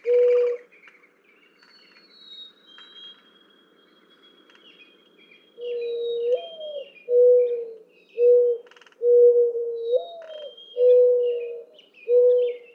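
Mourning dove coos: a short hoot, a pause, then two full phrases of rising coo and steady hoots, with other birds whistling and chattering behind.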